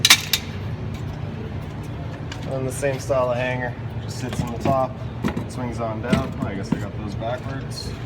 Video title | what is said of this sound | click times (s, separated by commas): 2022 RPOD 192. Stock# 13115 | we got this mount here you get the two little arms they're just gonna swing out and they pop into place and | 0.1 s